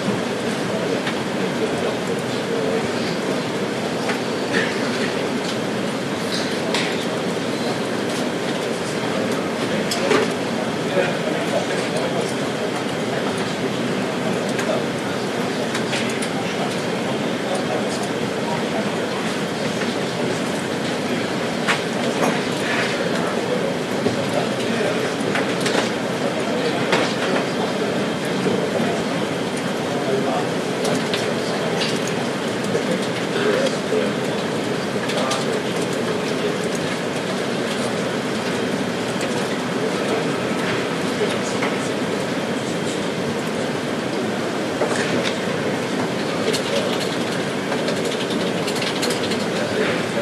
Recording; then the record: background sound without coughing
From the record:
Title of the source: Office Sounds Ambience - Background Noise for Study and Work